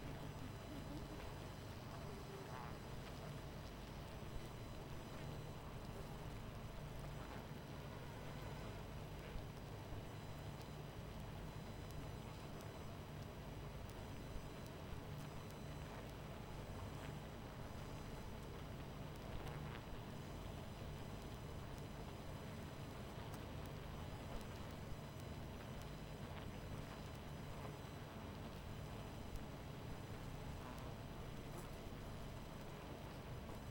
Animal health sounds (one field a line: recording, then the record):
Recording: honeybee colony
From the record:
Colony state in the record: missing queen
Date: 14 July 2017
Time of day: 22:48